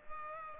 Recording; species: mosquito wingbeat signal from an infrared sensor; Culex pipiens